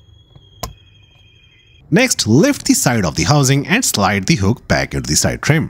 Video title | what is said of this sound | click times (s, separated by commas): How to replace Body Control Module (BCM) in Kia Sportage | Press it in firmly until you hear or feel it click into place. | 0.6 s